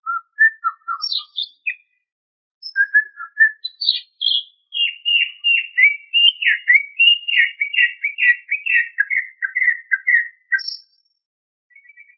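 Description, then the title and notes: Greater green leafbird song, a long continuous run of fast varied whistled notes, descending gradually in pitch before a high squeak and a pause. "Kicau Burung Cucak Ijo. Suara kicauan burung cucak ijo"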